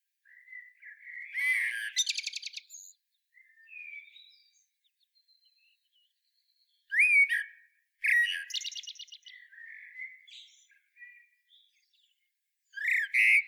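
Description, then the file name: Common blackbird singing: fluted phrases broken by high buzzy twitters and trills, several phrases with short silent gaps and soft warbling in between. "Turdus merula"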